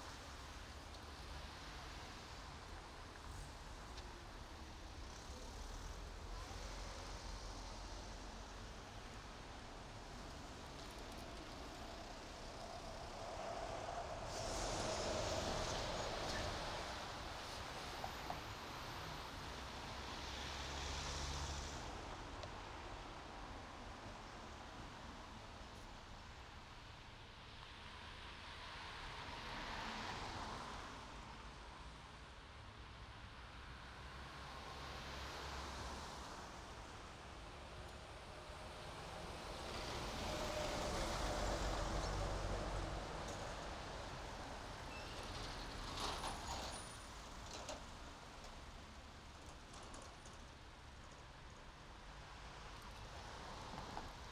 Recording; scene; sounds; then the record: everyday scene through a hearing-aid microphone; in traffic; traffic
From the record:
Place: main road on the outskirts, rush hour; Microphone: in the ear canal, right